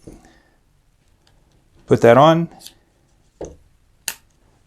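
Someone talks as a quick-release plate, screwed to the bottom of a camera, is pushed into the clamp of a Joby GorillaPod 3K tripod ball head. One sharp, loud click sounds at 4.1 s as the plate seats in the clamp.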